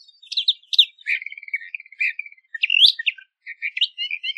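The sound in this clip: Eastern Orphean warbler song: a lively run of scratchy, slurred warbled notes and short whistles, delivered almost continuously with brief pauses, against a quiet background.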